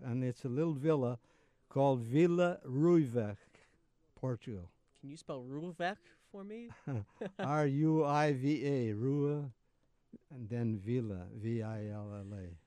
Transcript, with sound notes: And it's a little villa called, Villa Ruiva, Portugal.
Can you spell Ruiva for me [Laughing]
R-U-I-V-A, Ruiva, and then Villa, V-I-L-L-A.